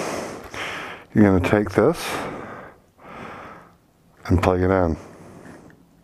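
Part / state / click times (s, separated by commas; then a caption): wiring harness connector into motorcycle ECU / not seated / none. Someone talks while handling a quickshifter wiring harness plug as it is brought toward the motorcycle ECU socket to be pushed in until its latch engages. Nothing has seated or clicked yet.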